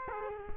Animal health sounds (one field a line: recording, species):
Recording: mosquito wingbeat signal from an infrared sensor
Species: Culex quinquefasciatus